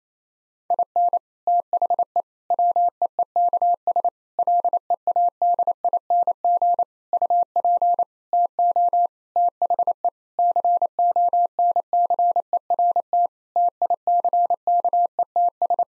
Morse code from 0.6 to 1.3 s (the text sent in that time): IN